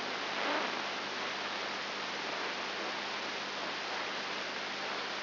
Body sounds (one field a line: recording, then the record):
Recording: brain microelectrode recording played as sound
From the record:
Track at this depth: inside the subthalamic nucleus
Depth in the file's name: 2.104 mm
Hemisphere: left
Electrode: 3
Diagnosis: Parkinson's disease